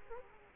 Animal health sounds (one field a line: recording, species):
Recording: mosquito wingbeat signal from an infrared sensor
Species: Culex quinquefasciatus